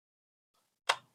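The 3D-printed plastic body halves of a DIY handheld vacuum cleaner are pressed together around the battery and motor, with faint handling noise before a single sharp snap at 0.9 s. The body parts seat into place.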